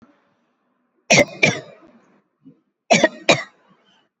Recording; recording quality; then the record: heavy voluntary cough; excellent, no background noise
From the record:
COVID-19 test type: RT-PCR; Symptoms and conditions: cough, hypertension, diabetes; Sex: female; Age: 53 years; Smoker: no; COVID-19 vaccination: one dose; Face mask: not worn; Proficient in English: yes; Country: India